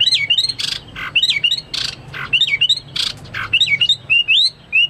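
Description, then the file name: Chinese hwamei: short whistled phrases alternate with harsh rasping bursts, ending with whistles alone. "omkicau hwamei"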